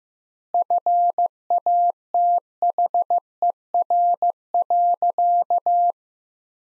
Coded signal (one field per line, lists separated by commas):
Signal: Morse code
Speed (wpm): 15 wpm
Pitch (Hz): 700 Hz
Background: none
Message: FATHER.